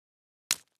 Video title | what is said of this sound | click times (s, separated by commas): VTS 01 1 | A good connection will result in an audible click. | 0.5 s